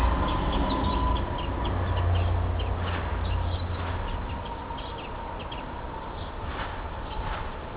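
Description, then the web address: Bird chirping, a rapid run of short high twitters overlapping one another, with a faint sustained tone and low background rumble throughout. Birds singing at a feeding station, recorded 14 February 2008. "esaba esaba 080214 saezuri"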